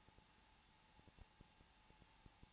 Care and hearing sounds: daily activity, microphone in the room; no activity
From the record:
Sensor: 1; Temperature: 20.2 degrees Celsius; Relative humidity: 35.7%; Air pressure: 994.5 hPa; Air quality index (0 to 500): 182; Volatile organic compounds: 7 ppm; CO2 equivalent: 2000 ppm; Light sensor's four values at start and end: 1/2/1/1 and 1/2/1/1

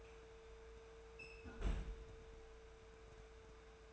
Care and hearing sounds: daily activity, microphone in the room; close fridge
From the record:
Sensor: 2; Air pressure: 1014.7 hPa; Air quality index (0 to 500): 190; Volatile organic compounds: 15 ppm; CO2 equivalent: 2516 ppm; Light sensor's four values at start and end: 9/22/9/10 and 9/23/9/10

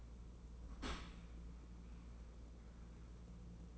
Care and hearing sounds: daily activity, microphone in the room; open dishwasher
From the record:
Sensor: 1

